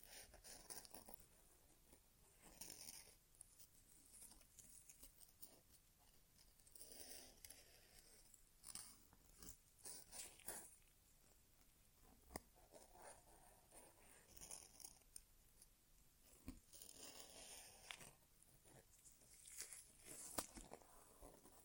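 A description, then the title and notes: Soft scratching and rustling sounds of an ear exam, with no talking. Bright, crinkly bursts come and go every few seconds, around 3, 7, 10, 14 and 17 seconds, over a quiet, faintly hissing background with small taps and brushes between them. ASMR Inner Ear Exam (No Talking).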